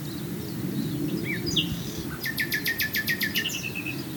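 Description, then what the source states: Common nightingale song: a few soft whistles and slurs, then a fast, evenly repeated series of harsh clicking notes before a trailing whistle; low rumble underneath. Swale.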